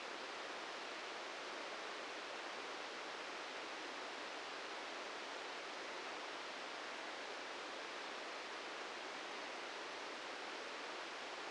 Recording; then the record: brain microelectrode recording played as sound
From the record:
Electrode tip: inside the subthalamic nucleus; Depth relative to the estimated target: -1 mm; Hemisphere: right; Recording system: NeuroSet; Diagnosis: Parkinson's disease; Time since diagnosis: 13 years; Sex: male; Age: 65 years